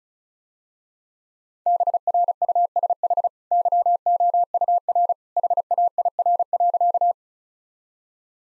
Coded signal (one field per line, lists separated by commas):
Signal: Morse code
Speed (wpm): 36 wpm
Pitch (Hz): 700 Hz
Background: none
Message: BRUSH YOUR HAIR.